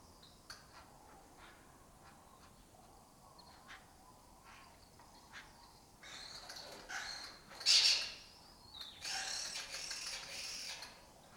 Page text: Lesser Kestrels Took Over an Abandoned Building. Here in Doñana